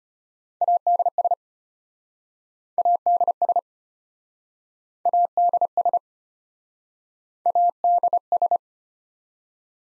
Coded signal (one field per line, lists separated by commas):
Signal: Morse code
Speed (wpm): 33 wpm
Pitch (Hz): 700 Hz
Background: none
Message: ADS ADS ADS ADS